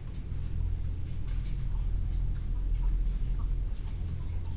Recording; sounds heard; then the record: poultry house recording; sick chickens (respiratory disease)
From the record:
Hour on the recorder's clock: 15